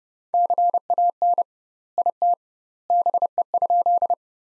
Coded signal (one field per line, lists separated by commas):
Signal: Morse code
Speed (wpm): 30 wpm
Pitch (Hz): 700 Hz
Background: none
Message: CAN IT BE?